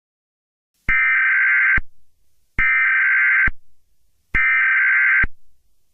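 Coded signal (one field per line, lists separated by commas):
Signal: Emergency Alert System (SAME) tones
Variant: header bursts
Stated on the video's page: Fictional EAS scenario of an asteroid impact, using valid EAS tones.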